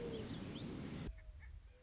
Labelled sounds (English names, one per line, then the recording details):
Mourning Dove
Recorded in Sonoma County, California